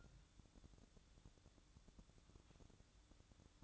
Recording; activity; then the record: daily activity, microphone in the room; take from stove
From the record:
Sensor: 3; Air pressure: 1008.0 hPa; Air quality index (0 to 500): 115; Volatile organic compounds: 1 ppm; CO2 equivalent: 960 ppm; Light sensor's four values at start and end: 8/20/8/8 and 8/20/8/7